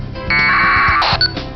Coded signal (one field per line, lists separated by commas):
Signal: packet radio (AX.25, as in APRS)